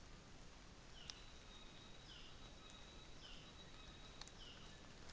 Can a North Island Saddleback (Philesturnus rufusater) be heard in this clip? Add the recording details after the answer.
yes. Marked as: faintness 3/5. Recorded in New Zealand on 24 December 2018. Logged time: 09:00